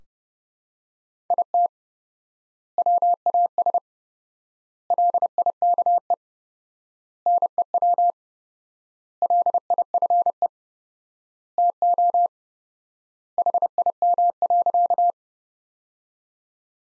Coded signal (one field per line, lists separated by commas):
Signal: Morse code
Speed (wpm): 30 wpm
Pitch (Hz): 700 Hz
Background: none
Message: IT WAS LIKE NEW LIFE TO HIM.